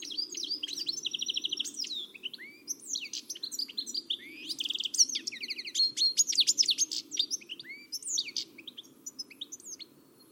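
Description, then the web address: Bird singing a lively, varied warble of high chirps, trilled runs and sweeping whistled slurs over about ten seconds, with brief gaps between phrases. "Deverinetal. Bird Only"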